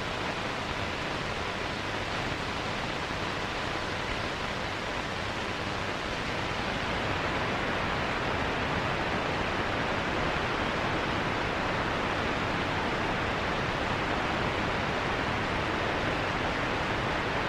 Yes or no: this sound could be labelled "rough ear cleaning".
no